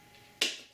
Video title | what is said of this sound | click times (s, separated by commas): 2020 Land Rover Defender Oil and Filter Change (P400 petrol engine) | like this. You can hear it snapping. | 0.4 s